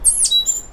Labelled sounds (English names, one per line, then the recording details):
Stitchbird song
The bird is a male
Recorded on Tiritiri Matangi Island, New Zealand, in 2005
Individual 1, of nest box 1